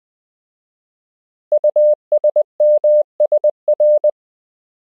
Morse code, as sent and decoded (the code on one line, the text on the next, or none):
..- ... -- ... .-.
USMSR